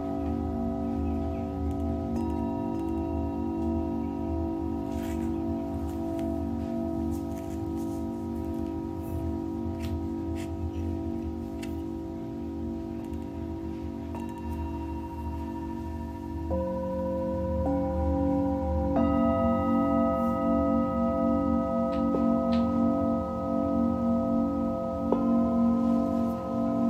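Tibetan singing bowls hum in long, overlapping tones, with new bowls struck around 17, 19 and 25 seconds, swelling slightly louder over a low rumble.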